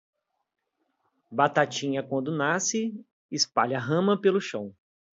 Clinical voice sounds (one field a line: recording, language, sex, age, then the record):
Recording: short text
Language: Brazilian Portuguese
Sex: male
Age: 20 to 29 years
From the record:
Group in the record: control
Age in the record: 29 years